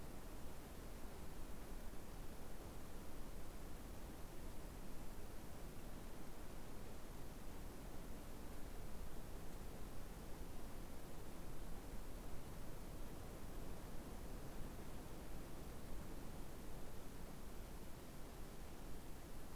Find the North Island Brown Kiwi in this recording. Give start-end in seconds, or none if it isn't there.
none